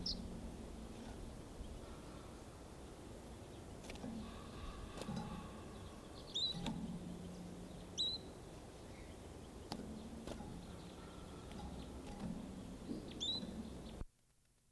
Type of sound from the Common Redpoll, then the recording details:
call. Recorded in captivity. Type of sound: call. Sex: male. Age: adult. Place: Serrahn, Mecklenburg-Vorpommern, DE. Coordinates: 53.667, 12.347. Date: 1978-01-02. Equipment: Nagra III BH, Sennheiser MD 21. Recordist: Schubert, Michael. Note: Birkenzeisig gekäfigtes adult Männchen (Carduelis f. flammea)